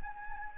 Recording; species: mosquito wingbeat signal from an infrared sensor; Anopheles gambiae